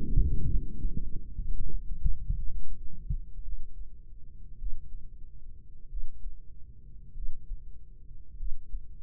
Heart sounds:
heart sounds by microphone in the right ear; 53 bpm
0.41 s: heartbeat
1.36 s: heartbeat
2.34 s: heartbeat
3.43 s: heartbeat
4.57 s: heartbeat
5.87 s: heartbeat
7.13 s: heartbeat
8.35 s: heartbeat
From the record:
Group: healthy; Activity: rest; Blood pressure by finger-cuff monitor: 121/78 mmHg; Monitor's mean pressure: 92 mmHg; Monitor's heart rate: 53 bpm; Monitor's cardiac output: 4.3 L/min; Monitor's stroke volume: 82 mL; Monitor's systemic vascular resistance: 1390 dyn s/cm5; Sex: female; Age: 23 years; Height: 160 cm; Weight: 50.4 kg

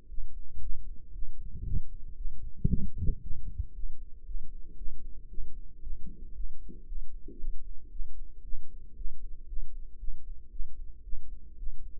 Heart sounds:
heart sounds by microphone in the right ear; 115 bpm
0.09 s: heartbeat
0.61 s: heartbeat
1.13 s: heartbeat
1.64 s: heartbeat
2.16 s: heartbeat
2.68 s: heartbeat
3.21 s: heartbeat
3.74 s: heartbeat
4.25 s: heartbeat
4.77 s: heartbeat
5.29 s: heartbeat
5.81 s: heartbeat
6.34 s: heartbeat
6.86 s: heartbeat
7.38 s: heartbeat
7.90 s: heartbeat
8.43 s: heartbeat
8.96 s: heartbeat
9.47 s: heartbeat
9.98 s: heartbeat
10.50 s: heartbeat
11.03 s: heartbeat
11.57 s: heartbeat
From the record:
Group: healthy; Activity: rest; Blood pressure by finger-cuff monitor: 148/76 mmHg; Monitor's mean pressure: 93 mmHg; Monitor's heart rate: 115 bpm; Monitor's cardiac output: 9.3 L/min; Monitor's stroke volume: 80 mL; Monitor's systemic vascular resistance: 730 dyn s/cm5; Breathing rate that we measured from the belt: 23 breaths a minute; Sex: female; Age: 19 years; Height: 163 cm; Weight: 51 kg

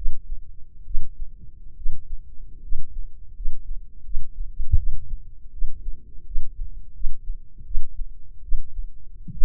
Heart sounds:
heart sounds by microphone in the left ear; 78 bpm
0.84 s: heartbeat
1.75 s: heartbeat
2.61 s: heartbeat
3.33 s: heartbeat
4.03 s: heartbeat
4.76 s: heartbeat
5.51 s: heartbeat
6.24 s: heartbeat
6.93 s: heartbeat
7.64 s: heartbeat
8.41 s: heartbeat
9.31 s: heartbeat
From the record:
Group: healthy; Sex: female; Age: 22 years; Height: 157 cm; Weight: 47.6 kg

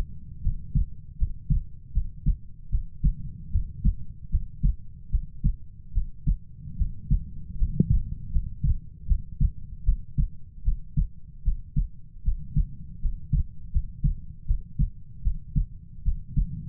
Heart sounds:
heart sounds by stethoscope; 77 bpm
0.41 s: heartbeat
1.17 s: heartbeat
1.92 s: heartbeat
2.69 s: heartbeat
3.50 s: heartbeat
4.29 s: heartbeat
5.09 s: heartbeat
5.92 s: heartbeat
6.76 s: heartbeat
7.56 s: heartbeat
8.30 s: heartbeat
9.06 s: heartbeat
9.84 s: heartbeat
10.63 s: heartbeat
11.43 s: heartbeat
12.23 s: heartbeat
13.00 s: heartbeat
13.71 s: heartbeat
14.45 s: heartbeat
15.22 s: heartbeat
16.03 s: heartbeat
From the record:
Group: healthy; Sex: female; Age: 19 years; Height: 163 cm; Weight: 48.9 kg

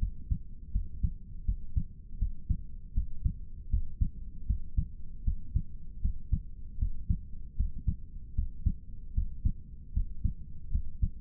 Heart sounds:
heart sounds by stethoscope; 78 bpm
0.72 s: heartbeat
1.45 s: heartbeat
2.19 s: heartbeat
2.94 s: heartbeat
3.70 s: heartbeat
4.47 s: heartbeat
5.24 s: heartbeat
6.01 s: heartbeat
6.79 s: heartbeat
7.57 s: heartbeat
8.35 s: heartbeat
9.14 s: heartbeat
9.93 s: heartbeat
10.71 s: heartbeat
From the record:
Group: healthy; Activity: Valsalva maneuver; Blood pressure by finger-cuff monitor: 101/71 mmHg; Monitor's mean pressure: 80 mmHg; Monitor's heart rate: 78 bpm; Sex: male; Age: 22 years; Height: 181 cm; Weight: 79 kg

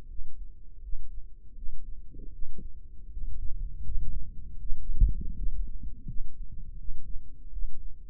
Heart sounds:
heart sounds by microphone in the right ear; 81 bpm
0.07 s: heartbeat
0.80 s: heartbeat
1.54 s: heartbeat
2.31 s: heartbeat
3.09 s: heartbeat
3.83 s: heartbeat
4.58 s: heartbeat
5.35 s: heartbeat
6.06 s: heartbeat
6.77 s: heartbeat
7.50 s: heartbeat
From the record:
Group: healthy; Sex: female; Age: 22 years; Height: 163 cm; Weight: 67.1 kg

